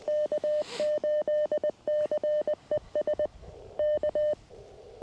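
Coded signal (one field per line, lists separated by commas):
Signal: Morse code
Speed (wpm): 19 wpm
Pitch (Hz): 600 Hz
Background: none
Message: K8CES K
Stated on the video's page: CW sent with a 1928 Vibroplex Lightning bug during a cold-weather QRP park activation; imperfect bug fist.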